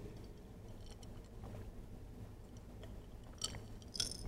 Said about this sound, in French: Vous remarquez le temps de pause, la gorgée.